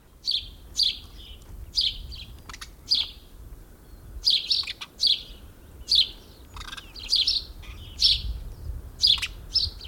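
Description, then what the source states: House sparrow chirps, sharp and repeated at irregular intervals, over a soft low background rumble. Breeding season currently under way.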